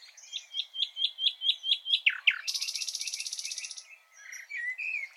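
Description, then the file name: Common nightingale song: a run of evenly spaced clear notes, two sharp downslurs, then a dense buzzy rattle and softer whistled phrases. "Luscinia megarhynchos"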